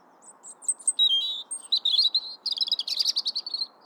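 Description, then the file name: European robin song: thin, high whistled notes sliding into a rapid, tinkling flourish of sharp twittering notes over faint low background hiss. "Erithacus rubecula"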